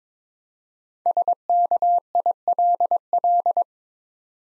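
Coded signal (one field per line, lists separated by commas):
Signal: Morse code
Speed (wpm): 22 wpm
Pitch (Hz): 700 Hz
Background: none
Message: SKILL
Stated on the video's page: Morse practice of 5-letter words at 22 wpm, each word sent twice for head-copy training.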